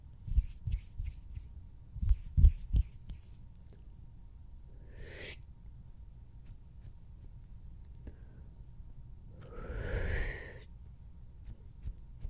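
Hand sounds open with a quick flurry of soft taps and flutters in the first three seconds, some sharp clicks among them. Later come two brief brushing swishes near five and ten seconds, with a faint low rumble underneath throughout.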